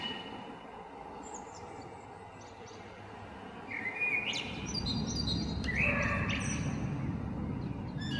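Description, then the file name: Eurasian blackbird giving two short whistled phrases among high twittery notes, partly masked by a low rumbling noise that grows louder midway. Recorded 21 February 2023. "amsel 20230221"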